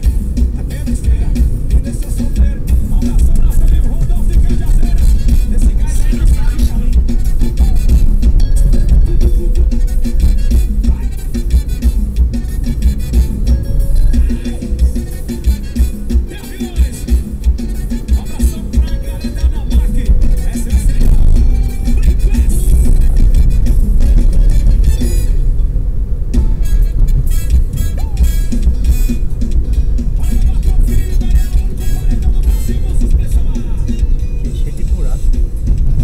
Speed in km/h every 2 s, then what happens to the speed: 46, 46, 47, 45, 42, 44, 45, 50, 56, 58, 58, 58, 55, 54, 52, 49, 48, 48.
0-9 steady at about 46. 9-18 speeds up to 58. 18-36 slows to 48.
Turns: none.